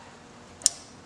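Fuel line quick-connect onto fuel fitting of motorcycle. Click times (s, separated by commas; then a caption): 0.7 s. A plastic fuel line quick-connect with green clips is pushed onto the fuel fitting of a steel-frame Victory motorcycle while installing Lloyds Torque Tubes. After a quiet stretch, a faint tick at 0.6 s leads into one sharp, bright click at 0.7 s. The connector seats and is then tugged to confirm it is on.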